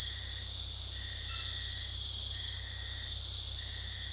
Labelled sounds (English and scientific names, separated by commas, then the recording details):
none
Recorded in dense forest near Puerto Asís, Putumayo, Colombia, on 20 February 2024 at 02:30
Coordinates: 0.485, -76.322
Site G6406